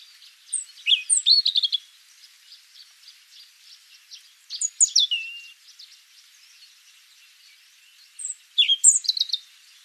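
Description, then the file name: European robin giving thin, high, twittering phrases with quick descending slurs, three bursts a few seconds apart. "Erithacus rubecula"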